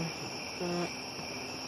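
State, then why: Not seated. A spray attachment is being handled and pushed toward the plastic gun body of a Wagner Flexio 570/590 paint sprayer. A steady high-pitched tonal hum runs throughout, with a brief, slightly louder low tonal burst from about 0.6 to 0.85 s. Nothing has seated or clicked yet.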